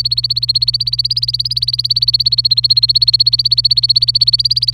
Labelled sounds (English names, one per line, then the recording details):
Domestic Canary song
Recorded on 26 April 2018 at 07:25
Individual llb3